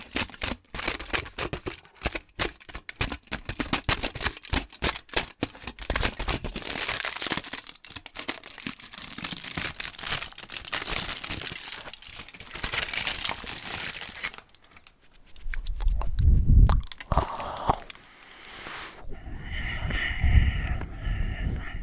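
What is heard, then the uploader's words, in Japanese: Someone eating food, with dense crisp crunching and crinkling for about fifteen seconds, then a few heavier low thumps and quieter chewing sounds. 食べ物を食べる音。ファンのプレゼントお菓子。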